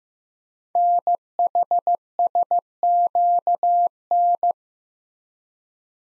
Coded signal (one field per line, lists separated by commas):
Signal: Morse code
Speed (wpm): 15 wpm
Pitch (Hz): 700 Hz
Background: none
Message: NHSQN